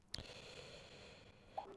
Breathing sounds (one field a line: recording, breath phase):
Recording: one breath near a microphone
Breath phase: inhalation